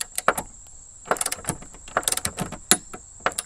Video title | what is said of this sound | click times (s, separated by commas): Rough Country Spare Tire Relocation Bracket Install | we heard a click all | 2.7 s